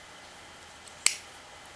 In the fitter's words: this is the smooth blade that locks into place